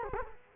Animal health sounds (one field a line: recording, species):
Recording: mosquito wingbeat signal from an infrared sensor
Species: Culex quinquefasciatus